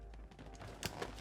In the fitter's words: Now if you want to lock it, all you need to do is pull and you'll hear a little click and that locks it into position.